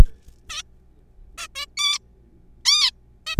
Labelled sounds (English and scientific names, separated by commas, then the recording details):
Zebra Finch (Taeniopygia guttata)
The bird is a juvenile
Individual R3428